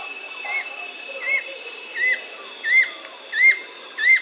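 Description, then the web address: Fulvous-chinned nunlet giving short up-and-down whistles, six notes spaced evenly at under a second apart, over a faint steady hiss. Recorded in South America. "Natures Songs S America Fulvous-chinned Nunlet"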